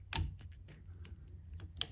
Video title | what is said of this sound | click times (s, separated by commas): 2006-2012 Toyota RAV4 - Wiper Blade Replacement | There's a click. | 1.8 s